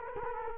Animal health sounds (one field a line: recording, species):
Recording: mosquito wingbeat signal from an infrared sensor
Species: Culex quinquefasciatus